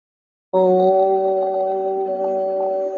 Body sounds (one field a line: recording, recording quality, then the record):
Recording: sustained vowel as in boot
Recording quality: excellent, no background noise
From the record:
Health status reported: COVID-19 positive, mild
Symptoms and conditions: sore throat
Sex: male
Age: 28 years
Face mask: not worn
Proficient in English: yes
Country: India